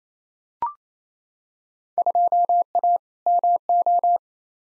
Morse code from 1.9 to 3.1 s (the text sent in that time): 2A